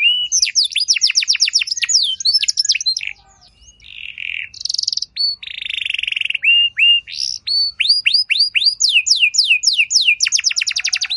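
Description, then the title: Canary singing fast falling note runs, then a rolling low trill and buzzy bursts, followed by repeated rising chirps and a dense trill. Belgian canary song with rich phrases (cengkok), meant to make other canaries answer with long continuous song. "Canto Para Esquentar Canário Belga. Suara Burung Kenari Lagu dan Cengkok Mewah Buat Kenari Lain Bakal Langsung Nyaut Gacor Panjang"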